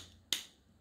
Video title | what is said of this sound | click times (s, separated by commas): How to use Yellow Jacket torque wrench | you can hear that. | 0.3 s